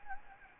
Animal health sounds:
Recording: mosquito wingbeat signal from an infrared sensor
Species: Anopheles gambiae

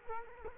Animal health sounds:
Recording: mosquito wingbeat signal from an infrared sensor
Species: Culex quinquefasciatus

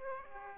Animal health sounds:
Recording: mosquito wingbeat signal from an infrared sensor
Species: Aedes aegypti

